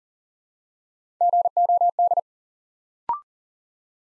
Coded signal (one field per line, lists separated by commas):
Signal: Morse code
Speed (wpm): 40 wpm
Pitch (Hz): 700 Hz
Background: none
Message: GOD